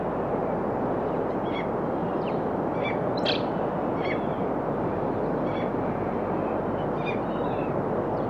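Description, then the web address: Bird calls, a series of brief sharp notes repeated at short, uneven intervals, with one louder burst midway, under a constant roaring wash. On a rocky shoreline. "Dr Sound Effects. Birds On a Rocky Shoreline"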